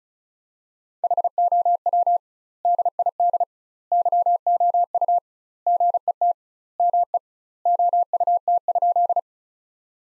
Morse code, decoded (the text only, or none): HOW DID YOU GET ME OUT?